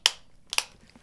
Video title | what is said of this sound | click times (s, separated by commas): Angler Fast Box 24" Soft Box Review + Testing | and one hand holds here the other one holds the flash you want to hear at least three clicks | 0.1 s, 0.5 s, 0.6 s